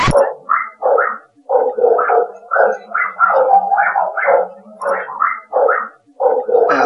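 The speaker's dogs growl and bark in a steady, overlapping stream of rough, gargling snarls and short yelps, fairly loud and continuous throughout, with no one talking.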